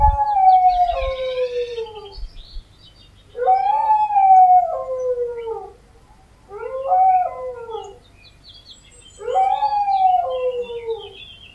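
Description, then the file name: Dog howling: four drawn-out mournful howls, each sliding downward in pitch, separated by short pauses, in otherwise quiet surroundings. "hurlement chien"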